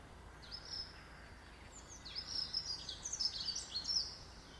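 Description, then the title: Bird song: several high, quick chirps and twittering phrases in short bursts, with a soft steady background hiss. Birds singing in a garden. "Birds Sounds in the Garden"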